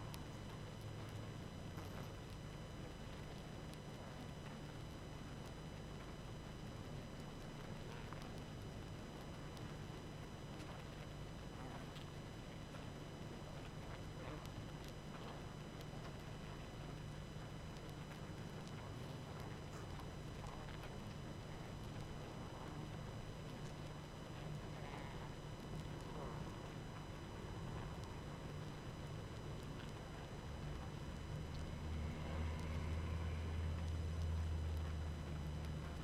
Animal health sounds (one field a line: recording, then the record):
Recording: honeybee colony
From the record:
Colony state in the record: active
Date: 12 June 2018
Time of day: 20:38